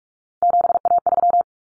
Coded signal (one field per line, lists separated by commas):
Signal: Morse code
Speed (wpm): 44 wpm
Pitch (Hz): 700 Hz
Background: none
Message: 7A3